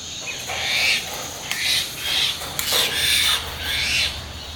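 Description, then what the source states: Parrots giving harsh, raspy squawks in several bursts over a steady hiss of background noise. Recorded in the morning, 2019.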